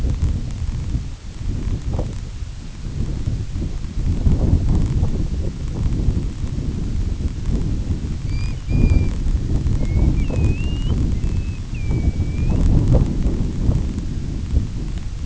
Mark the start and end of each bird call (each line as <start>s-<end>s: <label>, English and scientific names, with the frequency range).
8.21s-9.13s: Grey Plover (Pluvialis squatarola) (1.8-5.3 kHz)
9.74s-12.64s: Grey Plover (Pluvialis squatarola) (1.9-3.5 kHz)